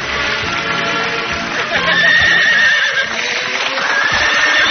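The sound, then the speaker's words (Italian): A horse whinnies in two high, wavering bursts over a dense, steady background noise, with scattered dull thuds that may be hooves clip-clopping on a hard surface, as a man in a tuxedo rides it through the main entrance into a hotel. “Dall'ingresso principale sta entrando nell'albergo un uomo in smoking, su un cavallo verde locusta.”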